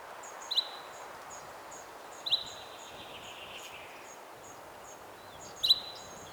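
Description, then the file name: Common chaffinch giving three short, sharp call notes, spaced irregularly over several seconds. Faint high chirping from other birds or insects continues in the background. "Fringilla coelebs"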